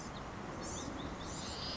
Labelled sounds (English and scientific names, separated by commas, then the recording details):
Blue-gray Gnatcatcher (Polioptila caerulea)
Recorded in Sonoma County, California